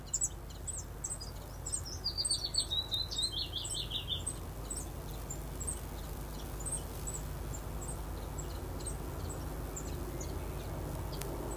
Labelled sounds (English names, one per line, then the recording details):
Common Chiffchaff
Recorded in captivity
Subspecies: collybita
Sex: diverse
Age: diverse
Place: Volierenanlage, Zoologisches Institut Universität Tübingen, Baden-Württemberg, DE
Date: 1967-05-28
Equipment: Nagra III PH, MD 421, LGS26
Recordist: Schneider, Hans-Joachim